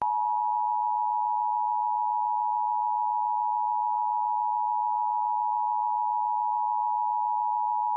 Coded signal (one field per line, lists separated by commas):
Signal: Emergency Alert System (SAME) tones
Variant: 853 and 960 Hz attention tone